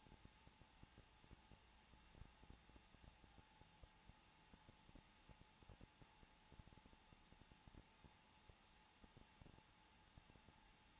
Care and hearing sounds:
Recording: daily activity, microphone in the room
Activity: no activity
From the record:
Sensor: 1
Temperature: 20.2 degrees Celsius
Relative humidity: 35.7%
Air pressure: 994.5 hPa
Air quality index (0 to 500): 182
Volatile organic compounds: 7 ppm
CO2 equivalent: 1999 ppm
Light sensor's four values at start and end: 1/2/1/1 and 1/2/1/1

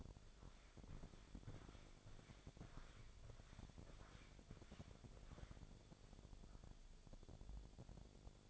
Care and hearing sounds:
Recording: daily activity, microphone in the room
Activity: walk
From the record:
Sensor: 5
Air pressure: 1000.6 hPa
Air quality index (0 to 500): 139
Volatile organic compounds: 2 ppm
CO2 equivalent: 1084 ppm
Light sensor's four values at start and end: 47/109/45/48 and 47/111/46/48

